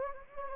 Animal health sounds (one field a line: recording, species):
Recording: mosquito wingbeat signal from an infrared sensor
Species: Anopheles gambiae